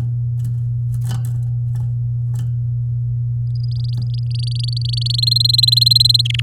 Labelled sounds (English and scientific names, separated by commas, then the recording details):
Domestic Canary (Serinus canaria) song
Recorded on 8 May 2018 at 14:50
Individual llb16